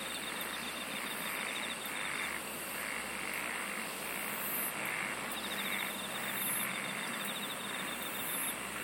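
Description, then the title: Constant insect drone with a gently wavering buzz, short bursts of fast clicking trills, and a few faint high chirps near the end. "SINGING OF INSECTS"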